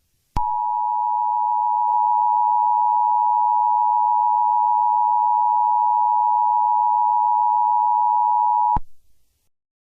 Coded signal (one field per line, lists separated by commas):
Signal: Emergency Alert System (SAME) tones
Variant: 853 and 960 Hz attention tone